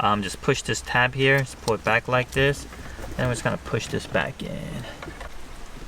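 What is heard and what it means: Someone talks while handling a wiring harness connector during a CarPlay interface install in a Mercedes-Benz, pressing its tab and pulling the locking lever back before pushing the connector back toward its socket. Nothing has seated or clicked yet by the end of the clip.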